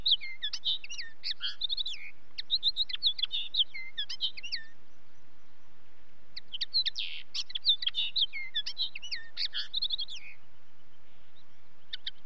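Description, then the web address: Common linnet giving two extended twittering song phrases, fast jumbled chirps and warbled notes, with a brief quiet gap between them. "BBC Sound Effects Library. Linnet"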